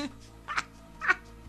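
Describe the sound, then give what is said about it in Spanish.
A cat meows twice, two short, high, whiny calls about half a second apart, fairly soft over a low steady background hum. “¿Vos tenés un gato?”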